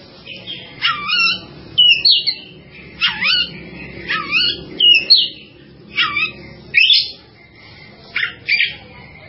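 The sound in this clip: Bird song: sharp, high whistled phrases sweeping down and up, repeated in short bursts.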